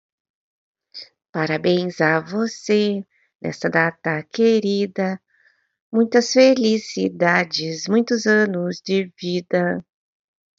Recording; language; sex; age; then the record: short text; Brazilian Portuguese; female; 50 to 59 years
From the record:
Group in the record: control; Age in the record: 53 years